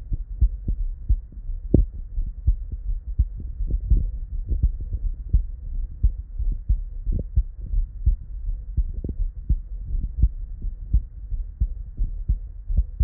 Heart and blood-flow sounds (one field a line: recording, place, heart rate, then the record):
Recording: heart sounds by stethoscope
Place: Erb's point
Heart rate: 84 bpm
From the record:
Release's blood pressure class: normal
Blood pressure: 112/70 mmHg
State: at rest